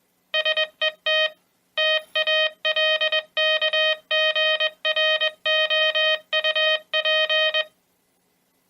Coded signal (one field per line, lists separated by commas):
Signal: Morse code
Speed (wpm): 21 wpm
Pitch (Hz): 3100 Hz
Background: music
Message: SET TALKGROUP